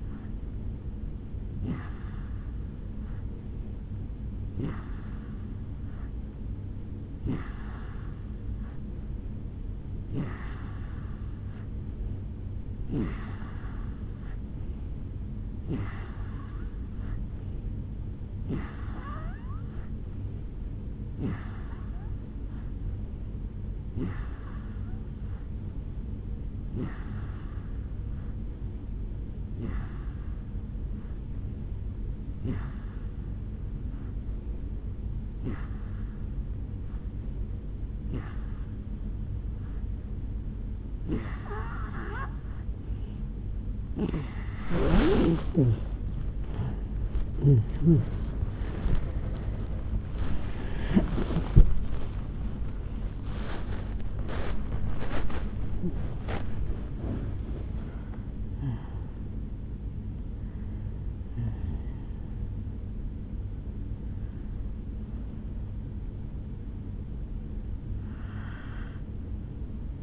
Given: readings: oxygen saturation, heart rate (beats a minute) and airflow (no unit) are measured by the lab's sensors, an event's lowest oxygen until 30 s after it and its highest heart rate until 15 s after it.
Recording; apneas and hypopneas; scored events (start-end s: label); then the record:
breathing in sleep by a smartphone at the bedside; 1
7.00-37.00 s: new sleep stage, N2 (light sleep)
28.00-49.10 s: hypopnea (N2, oxygen 88% highest, then 85% lowest, heart rate 71 at the start, 81 highest)
37.00-70.03 s: new sleep stage, N1 (lightest sleep)
From the record:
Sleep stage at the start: N3 (deep sleep); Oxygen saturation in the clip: 85 to 88%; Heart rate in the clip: 68 to 81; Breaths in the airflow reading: 25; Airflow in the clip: -11.9 to 10.4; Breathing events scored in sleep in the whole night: 449 in 7.0 hours asleep